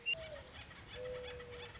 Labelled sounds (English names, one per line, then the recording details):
Mourning Dove
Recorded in Sonoma County, California